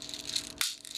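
Light rattling comes from a Daisy Powerline 340 BB pistol's speedloader magazine as its spring follower is popped out with a fingernail and pulled firmly. A sharp click at 0.6 s marks the follower latching into its locked-open position for loading.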